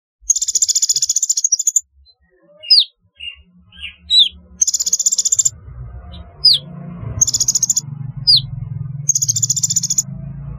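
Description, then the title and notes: Sunbird chirping: high buzzy trills alternating with sharp swept chip notes, later over a low rumbling noise. "Kicau Burung Kolibri"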